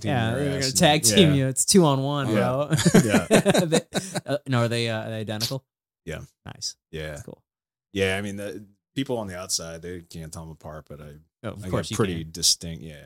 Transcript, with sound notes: Yeah, tag team, you know, it's two on one.
Yeah. (laughing)
No, are they identical?
Yeah.
Nice.
Yeah.
Cool.
Yeah, I mean, people on the outside, they can't tell them apart, but I got pretty distinct, yeah.